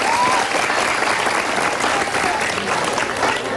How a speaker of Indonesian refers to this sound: Kasih tepuk tangan dulu